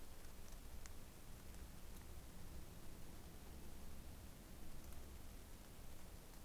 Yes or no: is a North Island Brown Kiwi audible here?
no